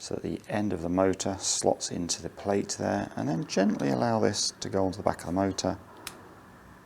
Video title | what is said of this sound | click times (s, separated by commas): RS 200 Cutter Replacement including new torque limiting jig | you can see it click into place. | 6.1 s